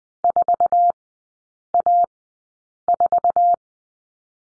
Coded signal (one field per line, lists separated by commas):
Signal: Morse code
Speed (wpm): 20 wpm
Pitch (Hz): 700 Hz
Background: none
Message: 4A4